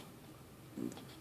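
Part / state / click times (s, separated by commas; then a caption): plastic toy robot part into its clip on the toy body / seated / 0.9 s. A plastic part of a 2015 Robots in Disguise One-Step Fixit transforming robot toy is pushed all the way down into its clip on the toy body. A short low thud-like press near 0.8 s leads into a sharp, bright snap at 0.9 s. The part seats, snapping into place to hold the parts together.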